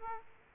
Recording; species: mosquito wingbeat signal from an infrared sensor; Aedes aegypti